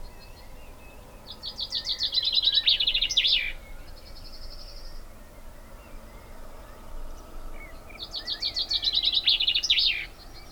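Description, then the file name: Common chaffinch repeating its song twice, each a rapid trill that tumbles down into a sharp terminal flourish, roughly six seconds apart, with faint chirps between. "Fringilla coelebs"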